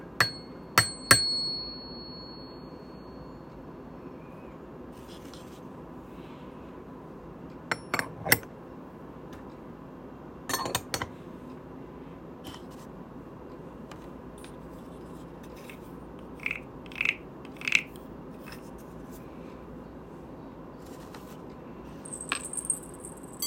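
Ritual instruments during a Buddhist service: sharp metallic strikes come in small clusters near the start, around eight and eleven seconds, and again near seventeen and twenty-three. An early strike leaves a high, clear ring hanging for a few seconds over a low, steady hum.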